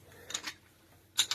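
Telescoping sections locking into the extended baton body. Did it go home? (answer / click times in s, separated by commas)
yes / 1.2 s, 1.3 s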